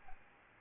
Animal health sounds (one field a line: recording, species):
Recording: mosquito wingbeat signal from an infrared sensor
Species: Aedes albopictus